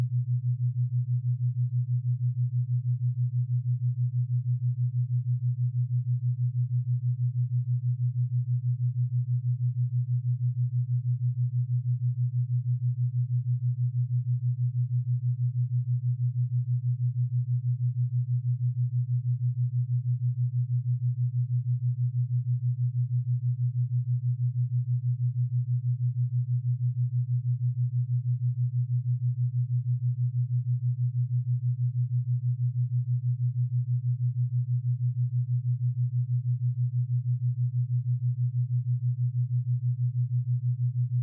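A binaural beat on a steady low carrier tone of 126.22 Hz, with a 6.22 Hz theta beat. The pure hum holds at one pitch and constant loudness for the whole clip, with no other sounds and nothing bright above it.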